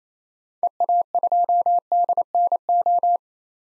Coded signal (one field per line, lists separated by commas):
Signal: Morse code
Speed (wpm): 27 wpm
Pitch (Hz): 700 Hz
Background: none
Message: EA2DNO